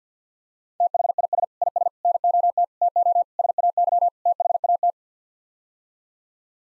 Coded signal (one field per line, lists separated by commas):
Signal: Morse code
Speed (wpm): 50 wpm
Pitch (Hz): 700 Hz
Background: none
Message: THIS IS NOT TO SAY THAT